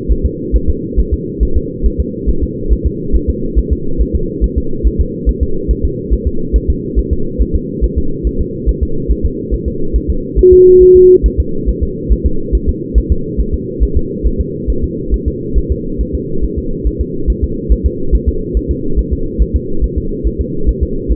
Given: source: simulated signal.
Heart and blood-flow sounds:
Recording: fetal heart sounds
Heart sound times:
0.12 s: S1
0.26 s: S2
0.56 s: S1
0.70 s: S2
0.99 s: S1
1.13 s: S2
1.43 s: S1
1.57 s: S2
1.86 s: S1
2.00 s: S2
2.29 s: S1
2.43 s: S2
2.73 s: S1
2.87 s: S2
3.16 s: S1
3.30 s: S2
3.59 s: S1
3.73 s: S2
4.02 s: S1
4.16 s: S2
4.44 s: S1
4.58 s: S2
4.87 s: S1
5.01 s: S2
5.29 s: S1
5.43 s: S2
5.71 s: S1
5.85 s: S2
6.13 s: S1
6.27 s: S2
6.56 s: S1
6.70 s: S2
6.99 s: S1
7.13 s: S2
7.41 s: S1
7.55 s: S2
7.84 s: S1
7.98 s: S2
8.27 s: S1
8.41 s: S2
8.69 s: S1
8.83 s: S2
9.12 s: S1
9.25 s: S2
9.54 s: S1
9.68 s: S2
9.96 s: S1
10.10 s: S2
10.39 s: S1
10.53 s: S2
10.82 s: S1
10.96 s: S2
11.26 s: S1
11.40 s: S2
11.69 s: S1
11.83 s: S2
12.12 s: S1
12.26 s: S2
12.55 s: S1
12.69 s: S2
12.98 s: S1
13.12 s: S2
13.40 s: S1
13.54 s: S2
13.83 s: S1
13.97 s: S2
14.27 s: S1
14.40 s: S2
14.70 s: S1
14.84 s: S2
15.14 s: S1
15.28 s: S2
15.58 s: S1
15.72 s: S2
16.01 s: S1
16.15 s: S2
16.44 s: S1
16.58 s: S2
16.87 s: S1
17.01 s: S2
17.30 s: S1
17.44 s: S2
17.72 s: S1
17.86 s: S2
18.15 s: S1
18.29 s: S2
18.57 s: S1
18.71 s: S2
18.99 s: S1
19.13 s: S2
19.42 s: S1
19.56 s: S2
19.84 s: S1
19.98 s: S2
20.27 s: S1
20.41 s: S2
20.69 s: S1
20.83 s: S2
21.12 s: S1
From the record:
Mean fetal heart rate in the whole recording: 140 bpm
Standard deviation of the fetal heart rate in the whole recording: 2 bpm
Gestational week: 34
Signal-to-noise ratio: -8.1 dB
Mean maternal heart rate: 72 bpm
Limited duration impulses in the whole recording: present

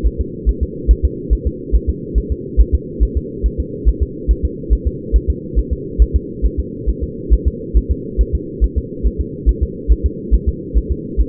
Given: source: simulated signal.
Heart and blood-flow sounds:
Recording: fetal heart sounds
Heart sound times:
0.07 s: S1
0.21 s: S2
0.49 s: S1
0.63 s: S2
0.91 s: S1
1.05 s: S2
1.33 s: S1
1.47 s: S2
1.75 s: S1
1.90 s: S2
2.18 s: S1
2.32 s: S2
2.61 s: S1
2.75 s: S2
3.03 s: S1
3.17 s: S2
3.46 s: S1
3.60 s: S2
3.88 s: S1
4.03 s: S2
4.31 s: S1
4.45 s: S2
4.73 s: S1
4.87 s: S2
5.16 s: S1
5.30 s: S2
5.59 s: S1
5.73 s: S2
6.02 s: S1
6.16 s: S2
6.46 s: S1
6.60 s: S2
6.89 s: S1
7.04 s: S2
7.34 s: S1
7.47 s: S2
7.77 s: S1
7.91 s: S2
8.21 s: S1
8.35 s: S2
8.64 s: S1
8.78 s: S2
9.06 s: S1
9.21 s: S2
9.49 s: S1
9.63 s: S2
9.92 s: S1
10.06 s: S2
10.35 s: S1
10.48 s: S2
10.77 s: S1
10.92 s: S2
11.21 s: S1
From the record:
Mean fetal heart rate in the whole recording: 140 bpm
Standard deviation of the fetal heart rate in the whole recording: 2 bpm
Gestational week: 34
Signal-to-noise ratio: -4.1 dB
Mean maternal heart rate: no maternal heart sound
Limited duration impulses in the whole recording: absent

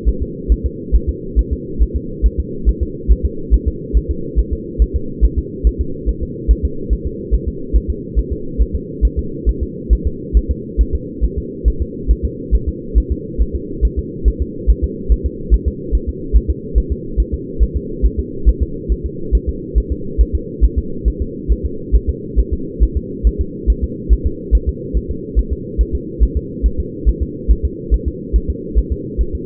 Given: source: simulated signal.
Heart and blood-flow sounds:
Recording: fetal heart sounds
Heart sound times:
0.09 s: S1
0.22 s: S2
0.52 s: S1
0.66 s: S2
0.95 s: S1
1.09 s: S2
1.39 s: S1
1.53 s: S2
1.83 s: S1
1.96 s: S2
2.26 s: S1
2.40 s: S2
2.69 s: S1
2.83 s: S2
3.12 s: S1
3.26 s: S2
3.54 s: S1
3.68 s: S2
3.97 s: S1
4.11 s: S2
4.39 s: S1
4.53 s: S2
4.82 s: S1
4.96 s: S2
5.25 s: S1
5.39 s: S2
5.67 s: S1
5.81 s: S2
6.09 s: S1
6.23 s: S2
6.51 s: S1
6.65 s: S2
6.93 s: S1
7.07 s: S2
7.34 s: S1
7.48 s: S2
7.76 s: S1
7.90 s: S2
8.19 s: S1
8.33 s: S2
8.62 s: S1
8.75 s: S2
9.05 s: S1
9.19 s: S2
9.49 s: S1
9.63 s: S2
9.93 s: S1
10.07 s: S2
10.37 s: S1
10.51 s: S2
10.81 s: S1
10.95 s: S2
11.25 s: S1
11.38 s: S2
11.68 s: S1
11.82 s: S2
12.11 s: S1
12.25 s: S2
12.55 s: S1
12.69 s: S2
12.98 s: S1
13.12 s: S2
13.42 s: S1
13.56 s: S2
13.85 s: S1
13.99 s: S2
14.28 s: S1
14.42 s: S2
14.70 s: S1
14.84 s: S2
15.12 s: S1
15.26 s: S2
15.54 s: S1
15.68 s: S2
15.95 s: S1
16.09 s: S2
16.37 s: S1
16.50 s: S2
16.78 s: S1
16.92 s: S2
17.20 s: S1
17.34 s: S2
17.63 s: S1
17.77 s: S2
18.06 s: S1
18.20 s: S2
18.49 s: S1
18.63 s: S2
18.92 s: S1
19.06 s: S2
19.35 s: S1
19.49 s: S2
19.78 s: S1
19.92 s: S2
20.21 s: S1
20.35 s: S2
20.65 s: S1
20.78 s: S2
21.08 s: S1
21.22 s: S2
21.52 s: S1
21.66 s: S2
21.95 s: S1
22.09 s: S2
22.40 s: S1
22.53 s: S2
22.83 s: S1
22.97 s: S2
23.27 s: S1
23.41 s: S2
23.70 s: S1
23.84 s: S2
24.13 s: S1
24.27 s: S2
24.55 s: S1
24.69 s: S2
24.97 s: S1
25.11 s: S2
25.39 s: S1
25.53 s: S2
25.81 s: S1
25.95 s: S2
26.23 s: S1
26.37 s: S2
26.66 s: S1
26.80 s: S2
27.09 s: S1
27.23 s: S2
27.51 s: S1
27.65 s: S2
27.94 s: S1
28.08 s: S2
28.36 s: S1
28.50 s: S2
28.79 s: S1
28.92 s: S2
29.21 s: S1
29.35 s: S2
From the record:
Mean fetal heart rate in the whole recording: 140 bpm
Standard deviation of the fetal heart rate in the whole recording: 2 bpm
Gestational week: 34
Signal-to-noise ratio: -4.3 dB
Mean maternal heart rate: 72 bpm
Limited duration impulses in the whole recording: absent

